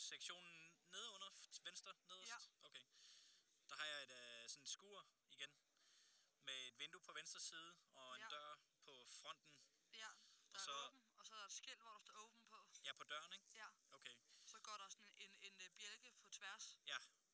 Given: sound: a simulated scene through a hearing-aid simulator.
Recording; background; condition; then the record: conversation; quiet; 65 dB SPL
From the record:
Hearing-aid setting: IV (slow-acting compression, loudness normalization); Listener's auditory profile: B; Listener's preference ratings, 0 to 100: 55, 69, 80